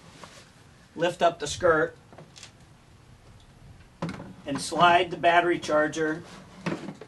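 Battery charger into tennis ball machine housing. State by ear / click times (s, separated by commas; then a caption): not seated / none. Someone talks while a battery charger is slid down into its holder in a tennis ball machine after the machine's skirt is lifted, with brief handling knocks and scrapes between the words. The charger is handled but not yet home, and nothing has seated or clicked yet.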